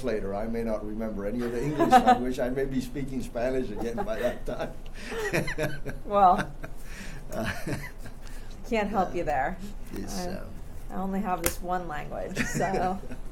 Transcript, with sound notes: I may not remember any of the English language. I
may be speaking Spanish again by that time. [laughter]
Well, can't help you there. I only have this one language, so--